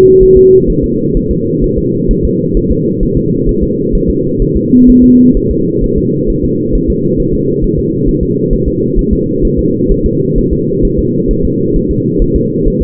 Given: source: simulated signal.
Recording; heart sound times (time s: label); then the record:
fetal heart sounds
0.23 s: S1
0.37 s: S2
0.70 s: S1
0.84 s: S2
1.17 s: S1
1.31 s: S2
1.64 s: S1
1.78 s: S2
2.11 s: S1
2.25 s: S2
2.57 s: S1
2.72 s: S2
3.03 s: S1
3.17 s: S2
3.49 s: S1
3.63 s: S2
3.95 s: S1
4.10 s: S2
4.42 s: S1
4.57 s: S2
4.90 s: S1
5.04 s: S2
5.37 s: S1
5.51 s: S2
5.84 s: S1
5.98 s: S2
6.30 s: S1
6.44 s: S2
6.75 s: S1
6.90 s: S2
7.20 s: S1
7.34 s: S2
7.64 s: S1
7.79 s: S2
8.09 s: S1
8.23 s: S2
8.53 s: S1
8.68 s: S2
8.99 s: S1
9.13 s: S2
9.45 s: S1
9.59 s: S2
9.91 s: S1
10.06 s: S2
10.38 s: S1
10.53 s: S2
10.85 s: S1
10.99 s: S2
11.31 s: S1
11.45 s: S2
11.76 s: S1
11.91 s: S2
12.22 s: S1
12.36 s: S2
12.68 s: S1
12.82 s: S2
From the record:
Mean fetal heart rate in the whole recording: 130 bpm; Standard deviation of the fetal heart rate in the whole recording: 4 bpm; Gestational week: 38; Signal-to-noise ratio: -11.2 dB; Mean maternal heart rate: 72 bpm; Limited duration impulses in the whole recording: present